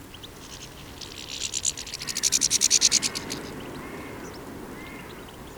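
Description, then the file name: European goldfinch calls: a rapid series of high, liquid twittering notes building and fading over about two seconds, with faint soft background noise. "Carduelis carduelis"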